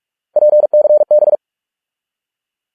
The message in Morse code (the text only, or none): PCB